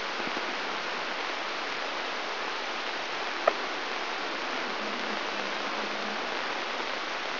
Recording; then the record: brain microelectrode recording played as sound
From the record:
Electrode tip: inside the subthalamic nucleus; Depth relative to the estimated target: 0 mm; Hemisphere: right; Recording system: AlphaMap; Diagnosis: Parkinson's disease